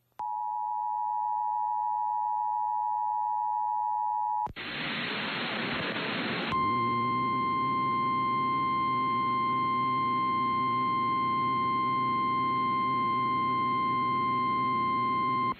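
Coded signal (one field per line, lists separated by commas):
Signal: Emergency Alert System (SAME) tones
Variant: 853 and 960 Hz attention tone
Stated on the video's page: Real EAS alerts, mostly severe thunderstorm warnings.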